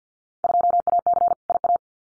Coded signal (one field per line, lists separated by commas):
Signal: Morse code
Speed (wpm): 50 wpm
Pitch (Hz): 700 Hz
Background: none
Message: 2AC IA